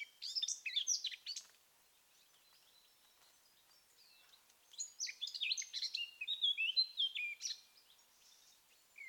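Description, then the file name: Eurasian blackcap song, a short scratchy burst, a long silence, then a second, longer warbled phrase. "Sylvia atricapilla"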